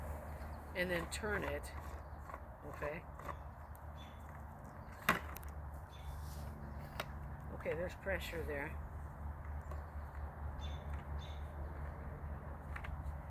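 A garden hose sprayer is handled and turned onto its hose fitting while someone talks over a steady low hum, with scattered sharp knocks, the loudest near 5.1 s. The sprayer has not yet seated or clicked onto the fitting by the end of the clip.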